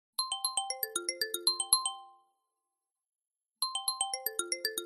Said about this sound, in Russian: Олег проснулся от звонка телефона. С просонья он отключил вызов, даже не посмотрев, кто звонил. Но человек на том конце провода оказался настойчивым. Телефон вновь начал истошно звенеть и, вибрируя, двигаться к краю тумбочки.